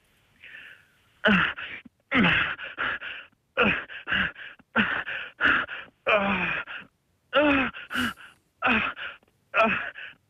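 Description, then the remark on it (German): A voice performs exaggerated sexual moaning into a microphone, as for a hardcore scene: a steady run of loud, breathy moans and gasps, each short and sharply cut off, repeating in a quick, insistent rhythm with no other sounds. “ich mache einfach mal so, wie ich das dann vom Mikro machen würde, ja, genau, wenn es einfach mal hart hergeht”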